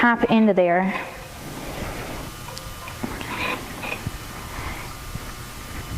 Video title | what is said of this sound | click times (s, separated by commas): Em gái sửa chữa Máy bơm thủy lực Piston Pump Rebuild | if that did it nope okay gonna go back out and try | none